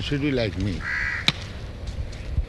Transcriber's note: sound of crows in background